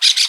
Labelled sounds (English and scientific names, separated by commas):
Brown-throated Parakeet (Eupsittula pertinax) contact call